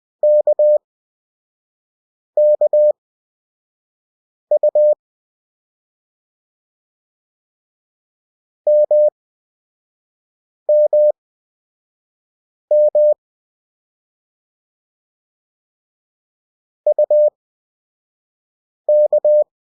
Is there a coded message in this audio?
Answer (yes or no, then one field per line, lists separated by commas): yes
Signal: Morse code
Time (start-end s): 0.2-19.4 s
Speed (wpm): 20 wpm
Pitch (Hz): 600 Hz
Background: none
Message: KKU MMM UK